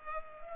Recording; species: mosquito wingbeat signal from an infrared sensor; Culex pipiens